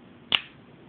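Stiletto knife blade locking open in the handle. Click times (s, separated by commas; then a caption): 0.3 s. Releasing the mechanism fires the spring-driven blade of a metal stiletto knife back out of the handle. One sharp, bright snap at 0.4 s briefly rings out against a quiet background. The blade locks open.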